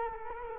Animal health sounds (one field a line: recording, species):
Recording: mosquito wingbeat signal from an infrared sensor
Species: Culex quinquefasciatus